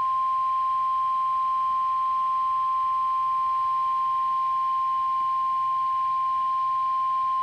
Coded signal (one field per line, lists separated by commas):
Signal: Emergency Alert System (SAME) tones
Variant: 1050 Hz attention tone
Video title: [EAS #231] Severe Thunderstorm Watch 451 (KWO35)